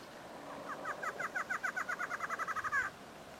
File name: Canto do choca barrada